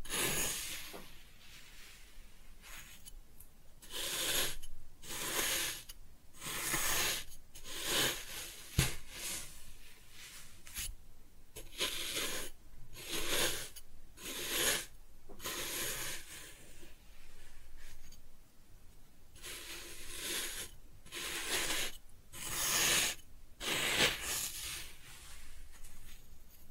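Kinetic sand being cut and scooped, heard as a run of soft gritty scrapes and crunches. The strokes come in irregular bursts every second or so, bright and hissy with little low end, with a sharper click near nine seconds and short quiet gaps between.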